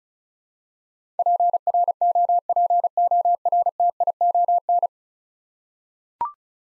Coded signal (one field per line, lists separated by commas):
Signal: Morse code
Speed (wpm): 36 wpm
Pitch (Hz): 700 Hz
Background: none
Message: PROPORTION